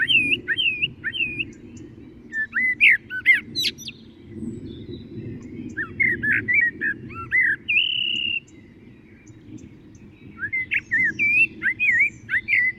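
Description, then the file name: Common blackbird song: several bursts of looping fluted whistles and squeaky high notes, including a sustained whistled note, over a soft low background hum. "Turdus merula"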